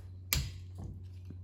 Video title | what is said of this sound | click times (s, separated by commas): Subaru Outback wiper replacement | Heard an audible click. | 0.3 s